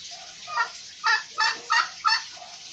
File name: canto do peru